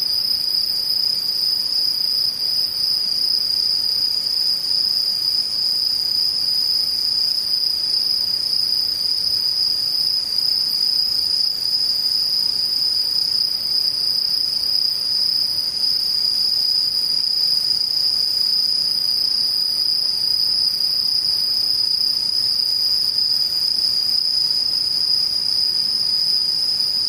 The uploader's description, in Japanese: 無音からムシ